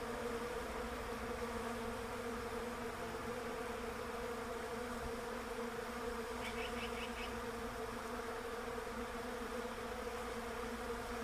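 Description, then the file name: Constant drone of bees, with a quick series of four high bird chirps past the midpoint. Bees in a Russian olive tree. "romancito bees-in-a-russian-olive-tree"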